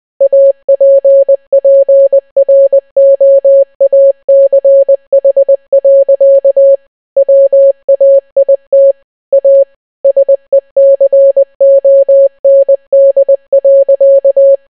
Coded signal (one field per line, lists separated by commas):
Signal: Morse code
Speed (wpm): 20 wpm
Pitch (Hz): 550 Hz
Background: none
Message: APPROACH. WAIT A SECOND.